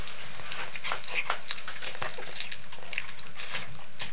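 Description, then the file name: Cat eating: wet smacking and chewing clicks in an irregular run, several a second, with small sharp ticks standing out over a quiet indoor background. Cat eating canned cat food. "Digiffects Sound Effects Library - Cat Eating Canned Cat Food"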